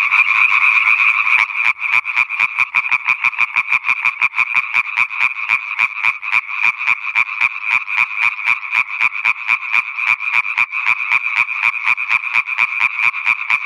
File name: Raganella (Hyla intermedia)